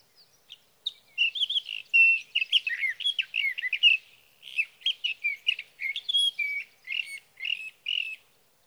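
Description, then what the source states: Sage thrasher song, a sustained rambling warble of quick slurred and chirped notes with brief pauses between phrases. Male singing through the night near his night roost, evening of June 12 to morning of June 15, 2018, Sierra Valley, California; Swift recorder.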